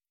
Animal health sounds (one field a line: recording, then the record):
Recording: hydrophone in a shrimp aquaculture tank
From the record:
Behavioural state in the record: starved